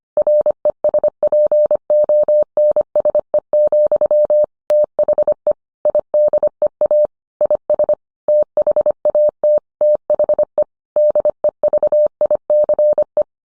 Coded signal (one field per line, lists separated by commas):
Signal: Morse code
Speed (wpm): 25 wpm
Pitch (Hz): 600 Hz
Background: none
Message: RESPONSE, THE IDEA IS THAT THE DEVICE